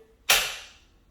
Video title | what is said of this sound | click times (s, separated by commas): Oline ErgoMax Ergonomic Office Chair Review | pop it out and you can go ahead and you can put it back here and lean it back like this as well | 0.3 s